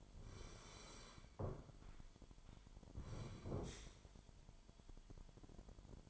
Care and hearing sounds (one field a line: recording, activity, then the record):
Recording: daily activity, microphone in the room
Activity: sit down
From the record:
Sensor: 5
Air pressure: 998.6 hPa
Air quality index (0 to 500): 87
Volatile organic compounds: 2 ppm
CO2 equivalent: 996 ppm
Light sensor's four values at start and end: 35/84/35/39 and 36/86/36/40